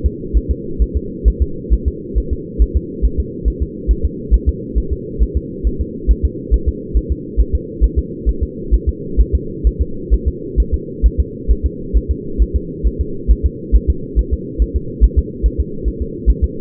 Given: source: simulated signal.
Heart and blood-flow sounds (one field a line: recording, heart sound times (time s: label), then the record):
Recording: fetal heart sounds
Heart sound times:
0.06 s: S2
0.37 s: S1
0.51 s: S2
0.82 s: S1
0.97 s: S2
1.28 s: S1
1.42 s: S2
1.73 s: S1
1.88 s: S2
2.18 s: S1
2.33 s: S2
2.62 s: S1
2.77 s: S2
3.05 s: S1
3.20 s: S2
3.48 s: S1
3.62 s: S2
3.91 s: S1
4.05 s: S2
4.34 s: S1
4.49 s: S2
4.78 s: S1
4.92 s: S2
5.22 s: S1
5.37 s: S2
5.67 s: S1
5.81 s: S2
6.11 s: S1
6.25 s: S2
6.54 s: S1
6.69 s: S2
6.97 s: S1
7.12 s: S2
7.41 s: S1
7.55 s: S2
7.84 s: S1
7.99 s: S2
8.29 s: S1
8.43 s: S2
8.74 s: S1
8.89 s: S2
9.21 s: S1
9.35 s: S2
9.67 s: S1
9.81 s: S2
10.14 s: S1
10.28 s: S2
10.60 s: S1
10.74 s: S2
11.06 s: S1
11.20 s: S2
11.51 s: S1
11.66 s: S2
11.97 s: S1
12.11 s: S2
12.42 s: S1
12.56 s: S2
12.87 s: S1
13.01 s: S2
13.31 s: S1
13.46 s: S2
13.75 s: S1
13.90 s: S2
14.19 s: S1
14.33 s: S2
14.62 s: S1
14.76 s: S2
15.04 s: S1
15.19 s: S2
15.46 s: S1
15.60 s: S2
15.88 s: S1
16.02 s: S2
16.30 s: S1
16.44 s: S2
From the record:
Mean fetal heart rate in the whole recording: 135 bpm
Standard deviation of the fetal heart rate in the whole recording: 3 bpm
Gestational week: 34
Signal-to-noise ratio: -4.3 dB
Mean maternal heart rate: 72 bpm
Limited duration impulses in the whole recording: absent